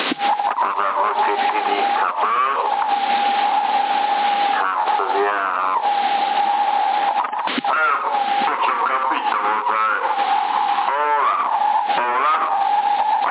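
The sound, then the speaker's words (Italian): Constant CB radio hiss fills the whole clip at a steady, loud level, with a thin whining tone underneath and garbled radio voices breaking in and out over it. “Ti accompagna questo sibilo sotto, capito?”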